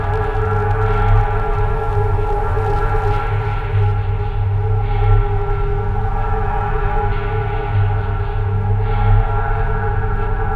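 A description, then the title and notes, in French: A large bass drum, turned over and rubbed, gives a deep, steady, gong-like hum with many ringing tones layered above it. Synthetic pads blend into the sound, which holds nearly constant, with soft swells every second or so. Frottements d'une grosse caisse renversée, nappes synthétiques et spacialisation sonore.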